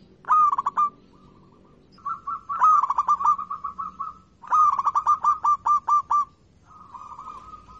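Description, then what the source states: Zebra dove song with long phrases of many quick rhythmic coos, between softer level cooing notes. Local-type (lokal) zebra dove song (kicau).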